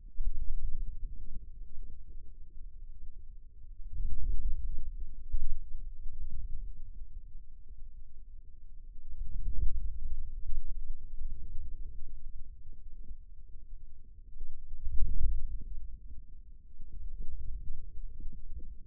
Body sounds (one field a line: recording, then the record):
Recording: forearm muscle sounds (acoustic myography)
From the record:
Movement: outward rotation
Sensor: system 2, bracelet of six BSWA MPA416 microphones around the upper forearm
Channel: 2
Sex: male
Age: 22 years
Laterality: right